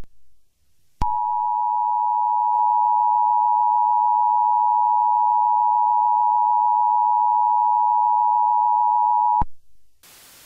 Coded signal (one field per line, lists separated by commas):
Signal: Emergency Alert System (SAME) tones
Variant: 853 and 960 Hz attention tone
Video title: Tornado Warning for Southwest Michigan (Real EAS Tones)